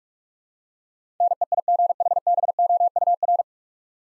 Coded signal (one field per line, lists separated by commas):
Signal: Morse code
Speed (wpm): 44 wpm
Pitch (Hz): 700 Hz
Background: none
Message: NEIGHBOUR